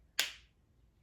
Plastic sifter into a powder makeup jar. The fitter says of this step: with the flat side of the sifter so that whenever you hear that click